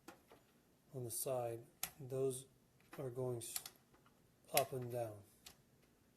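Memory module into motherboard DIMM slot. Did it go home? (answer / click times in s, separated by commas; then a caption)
yes / 5.5 s. A RAM memory module is pushed straight down into a motherboard DIMM slot while someone talks. The plastic side clips swing up and lock with a sharp click at 5.5 s, seating the module in place.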